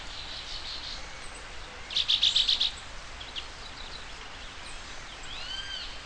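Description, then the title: Bird song: one short burst of five or six quick, high, pulsing notes, then faint scattered chips and a few thin whistles over a steady background hiss. "LuckyPassaro Completos2Sama"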